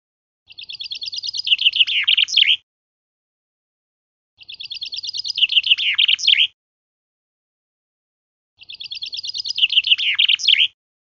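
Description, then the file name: Common chaffinch song, a fast descending trill of bright notes ending in a flourish, given three times about every four seconds, with silence between. "Fringilla coelebs"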